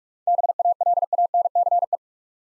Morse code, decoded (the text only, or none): BALANCE